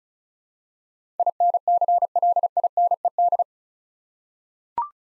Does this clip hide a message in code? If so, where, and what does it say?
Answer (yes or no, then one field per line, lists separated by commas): yes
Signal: Morse code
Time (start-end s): 1.2-3.4 s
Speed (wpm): 36 wpm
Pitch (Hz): 700 Hz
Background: none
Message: INCLINED